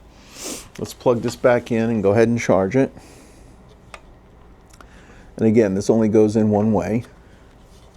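A keyed charging plug is handled at the charging socket of a NextLED Ultimate Dual Power Tripod LED Work Light as it is about to be plugged back in to charge. It only fits one way. Someone talks, and a few faint, brief ticks of handling are heard around 3.9 and 4.8 seconds, but nothing has clicked into place yet.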